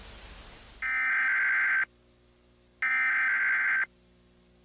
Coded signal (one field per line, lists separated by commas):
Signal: Emergency Alert System (SAME) tones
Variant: header bursts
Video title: Creepy EAS Alerts